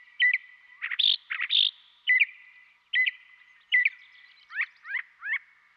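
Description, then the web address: Northern mockingbird song mixing squared chip notes, harsh scratchy bursts and three quick slurred notes. Western North America. "Dan Gibson Wildlife Identification By Sound, Western North America. Northern Mockingbird"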